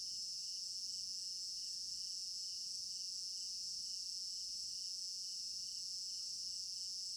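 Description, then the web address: Cricket chorus of dense, high-pitched trilling that never pauses, a pulsing lower band, and a faint soft sweep early on. Crickets in an African village garden at night; stereo binaural recording. "African-Village Garden Night Crickets Stereo-Binaural. immersive sound library"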